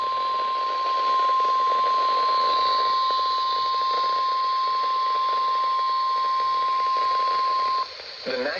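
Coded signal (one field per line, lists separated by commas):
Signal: Emergency Alert System (SAME) tones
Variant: 1050 Hz attention tone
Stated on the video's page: Severe thunderstorm warning from NOAA transmitter WWF60.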